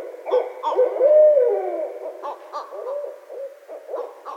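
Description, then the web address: Barred owl hooting, a dense run of rough, wavering hoots and cackles around one pitch, with a long drawn slurred note in the middle. Recorded 12 February 2012. "Barred Owl 2012 02 12 Barred Owl"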